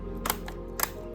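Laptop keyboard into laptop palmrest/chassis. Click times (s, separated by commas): 0.3 s, 0.8 s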